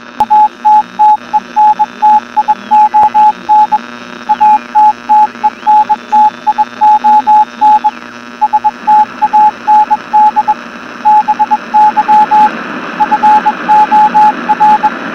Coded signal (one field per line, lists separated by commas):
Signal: Morse code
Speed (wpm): 21 wpm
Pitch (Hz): 850 Hz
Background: radio noise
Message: ATTENTION ATTENTION STAND BY FOR